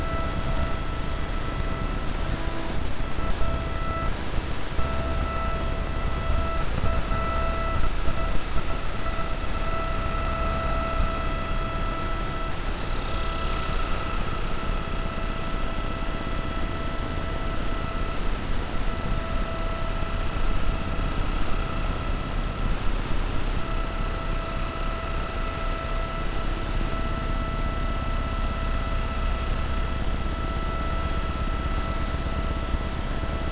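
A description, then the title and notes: Electromagnetic frequencies rendered as sound: a dense, steady hum with several fixed whining tones stacked from low to high, over a constant hiss. A faint sweeping tone drifts across the middle, and low rumbling throbs swell and fade throughout the 34 seconds. Vlad designed it for hearing the invisible electromagnetic frequencies that surround us. Ether is a handheld object, a little black box, that contains a magnetic antenna and an integrated electronic antenna. The composition time-smears and overlays excerpts from an hour long recording I made on a 3km roundtrip walk.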